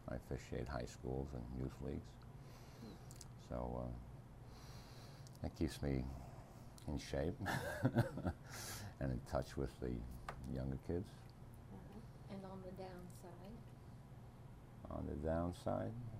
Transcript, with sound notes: I officiate high schools and youth leagues so that keeps me in shape (laughs) and in touch with the--- younger kids.:
And on the down side?
On the down side?